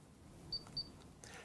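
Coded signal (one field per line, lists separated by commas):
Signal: beep code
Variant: ROAM remote control receiver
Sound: two quick high-pitched beeps close together, followed by a soft click or rustle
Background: quiet room noise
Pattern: 2 short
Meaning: The receiver heard the command and is turning the station on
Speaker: two beeps just means hey I heard you I'm going to turn on that station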